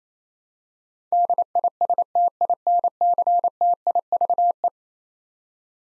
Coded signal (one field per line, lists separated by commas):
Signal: Morse code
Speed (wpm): 27 wpm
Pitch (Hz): 700 Hz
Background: none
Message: DISTINCTIVE